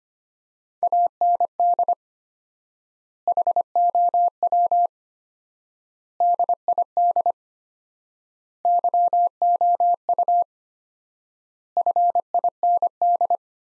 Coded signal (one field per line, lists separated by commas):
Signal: Morse code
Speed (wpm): 25 wpm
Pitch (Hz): 700 Hz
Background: none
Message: AND HOW DID YOU FIND